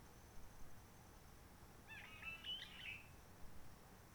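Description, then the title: Réunion bulbul song: one short chattering, warbled phrase of mid-high notes lasting about a second, over a thin steady high whine and low background hiss. Roche Merveilleuse, Réunion; forest quiet since 19 March 2020, no people, microlights or helicopters; sunny blue sky; birds not very active; sings simpler, short phrases adapted to noise pollution. "Roche Merveilleuse, Réunion - Merle de lîle de la Réunion."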